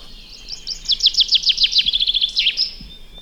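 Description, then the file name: Common chaffinch song, a single full phrase: a fast series of falling notes accelerating into a rattle and closing with a brief flourish. "Fringilla coelebs"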